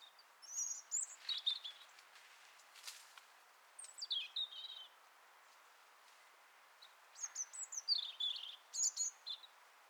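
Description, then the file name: European robin giving high, liquid warbled phrases that slide downward, with a quiet stretch mid-way before a busier jingling burst. "Erithacus rubecula"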